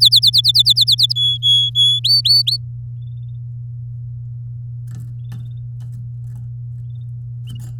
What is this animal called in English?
Domestic Canary